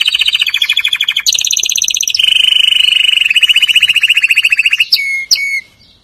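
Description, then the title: Canary song: long run of rolling pulsed trills changing pitch, some buzzy and lower, ending with two sharp descending notes. "Kenari"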